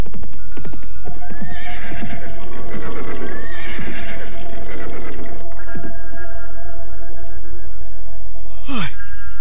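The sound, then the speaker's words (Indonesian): Steady clip-clop of a horse's hooves trots along over a low hum as the rider nears a hermitage, then the hoofbeats slow and stop as he suddenly halts the horse, followed by a sharp, loud neigh at the end. “Dan ketika derap kudanya semakin mendekat padepokannya, tiba-tiba saja ia menghentikan kudanya secara tiba-tiba.”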